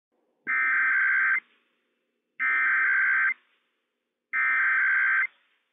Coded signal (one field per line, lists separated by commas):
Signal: Emergency Alert System (SAME) tones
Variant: header bursts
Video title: WSEOC RWT - WWF56 - EAS #73 - 11:00 AM PDT 3/30/21